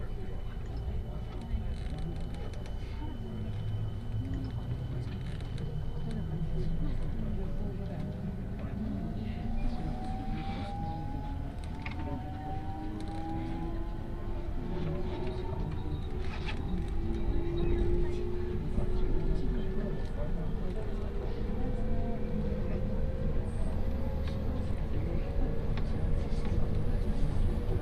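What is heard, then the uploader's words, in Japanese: A Special Rapid train on the Tokaido Main Line runs from Kusatsu toward Shin-Osaka, with a dense, steady low rumble throughout. Motor whine rises in pitch in gliding tones as the train accelerates, growing slightly louder after about 18 seconds, with occasional clicks. 耳で楽しむ鉄道旅 東海道本線新快速 草津→新大阪。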